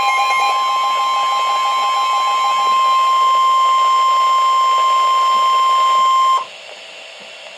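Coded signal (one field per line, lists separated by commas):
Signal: Emergency Alert System (SAME) tones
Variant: 1050 Hz attention tone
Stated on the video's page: Severe thunderstorm warning EAS tones received on NOAA weather radio for part of a county.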